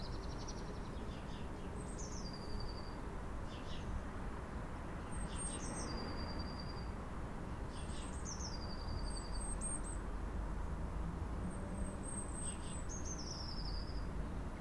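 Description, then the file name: Eurasian blue tit repeating a phrase of high thin notes dropping into a fast trill, four times, every few seconds, over constant low traffic-like rumble. "Cyanistes caeruleus"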